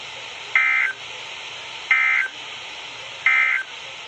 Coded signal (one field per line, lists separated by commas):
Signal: Emergency Alert System (SAME) tones